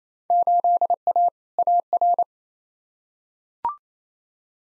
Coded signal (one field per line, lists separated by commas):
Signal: Morse code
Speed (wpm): 28 wpm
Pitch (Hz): 700 Hz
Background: none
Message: 8A AR